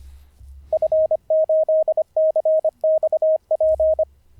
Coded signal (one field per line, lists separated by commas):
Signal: Morse code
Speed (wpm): 25 wpm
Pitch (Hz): 630 Hz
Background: none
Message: F8CXP